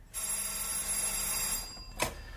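An old-fashioned telephone bell rings in one long, bright metallic rattle lasting about a second and a half, then stops; a short sharp burst follows moments later. No one speaks.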